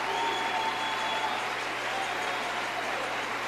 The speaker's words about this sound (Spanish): Ahora, un aplauso fuerte, después le digo algo.